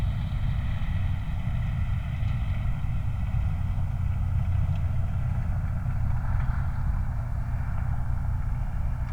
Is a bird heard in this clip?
no